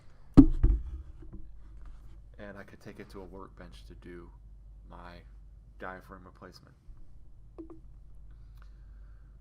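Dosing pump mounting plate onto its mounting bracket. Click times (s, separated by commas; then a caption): 0.6 s. A Gamma X dosing pump's mounting plate is slid back onto its mounting bracket and clicks into place with a sharp hit at 0.6 s, leaving the plate seated. Afterwards someone talks over a low background hum.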